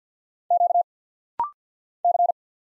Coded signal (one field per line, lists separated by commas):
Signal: Morse code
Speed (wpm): 50 wpm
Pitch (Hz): 700 Hz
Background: none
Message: Q C